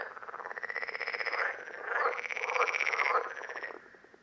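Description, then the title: Parsley frog chorus of two long, fast-pulsed creaking bursts, one following straight after the other, fading out at the end. Several frogs at Lerouville, Lorraine, France, on 5 June 2022. "Parsley-Frogs-Lerouville-Lorraine-France-05 06 2022"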